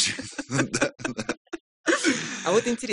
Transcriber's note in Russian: смеются